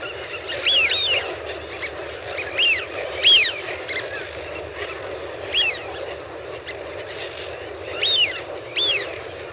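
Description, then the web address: Eurasian wigeon calls, clear two-part whistled whee-oo notes given every second or two by several birds over a constant low flock chatter. Flock of about 1000 birds grazing at a pool. "BBC Ducks"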